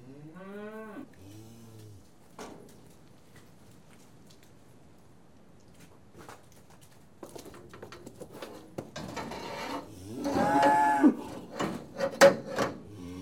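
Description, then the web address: Cattle with two quick moos at the start, then quiet, followed by clattering, knocking and a short higher call amid the noise. Cattle being tested; livestock. "The BBC Sound Effects Library Livestock Cattle Being Tested"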